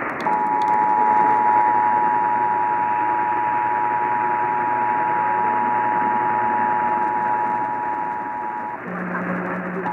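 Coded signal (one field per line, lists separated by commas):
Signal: Emergency Alert System (SAME) tones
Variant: 853 and 960 Hz attention tone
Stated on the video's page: Oklahoma Required Monthly Test heard on a news/talk AM station on 1520 kHz.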